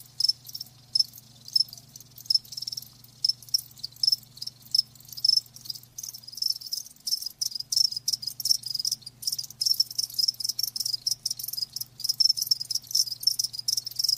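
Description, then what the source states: Cricket chirping: high, rapid pulsed chirps repeated steadily, with a constant low hum beneath. Live crickets chirping, presented as a sleep sound.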